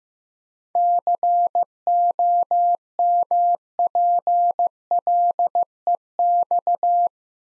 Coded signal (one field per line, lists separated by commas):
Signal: Morse code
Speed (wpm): 15 wpm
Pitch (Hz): 700 Hz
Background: none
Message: COMPLEX